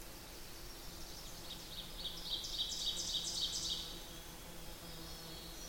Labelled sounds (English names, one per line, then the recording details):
Ovenbird song
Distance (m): 40 m
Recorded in boreal forest in Alberta, Canada, on 8 June 2016 at 07:04
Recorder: SongMeter 3, array SBT-3-9
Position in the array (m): 47 m, 103 m
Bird 33